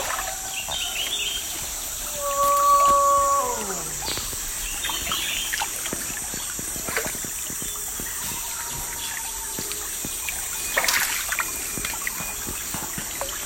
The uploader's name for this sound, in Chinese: 印度尼西亚西加里曼丹省Ketapang Hulu Sungai 步行穿过偏远森林中的橡胶花园